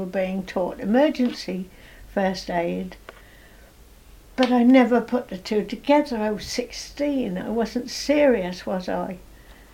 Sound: none